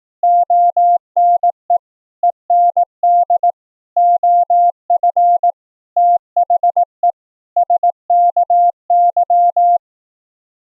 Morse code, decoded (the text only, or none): ONE END OF THE SKY